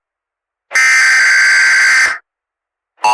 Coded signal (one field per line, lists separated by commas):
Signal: Emergency Alert System (SAME) tones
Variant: header bursts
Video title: Eastern Seaboard EAS